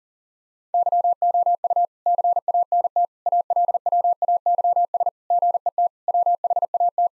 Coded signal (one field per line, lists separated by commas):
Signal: Morse code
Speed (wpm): 37 wpm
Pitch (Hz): 700 Hz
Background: none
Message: YOU CANT ALWAYS GET WHAT